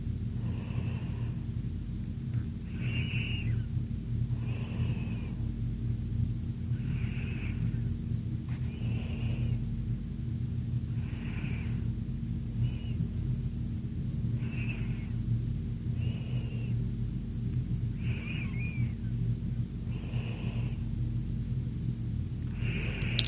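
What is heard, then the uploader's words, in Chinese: A girl breathes softly in her sleep, each breath a brief airy hiss that comes at a slow, even pace about every two seconds. A steady low hum and rumble sits beneath the whole recording, fairly loud compared with the quiet breaths. 女孩子睡着的呼吸声加长版。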